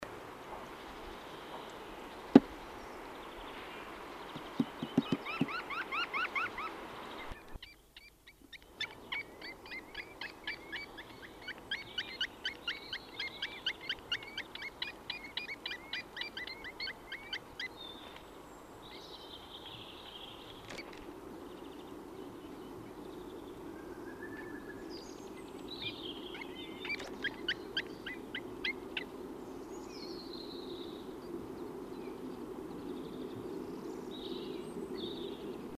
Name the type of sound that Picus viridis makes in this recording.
call